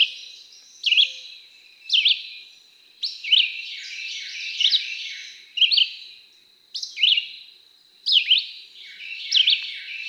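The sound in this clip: Red-eyed Vireo singing brief slurred phrases separated by short pauses, over a constant high background hum.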